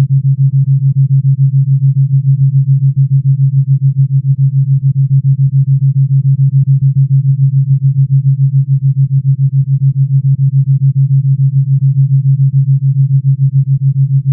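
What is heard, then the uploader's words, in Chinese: A pure-frequency 7 Hz tone: a single low, smooth hum that holds one pitch for the whole clip. Its loudness throbs in a fast, perfectly regular pulse, several beats per second, without variation. Nothing bright or high sits above it, and there are no other sounds. 纯频率音乐7 Hz。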